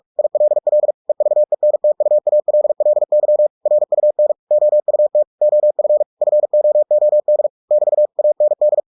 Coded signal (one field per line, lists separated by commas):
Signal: Morse code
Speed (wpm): 46 wpm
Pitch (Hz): 600 Hz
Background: none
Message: ILL EVENTUALLY RUN OUT OF FOOD <BT> AND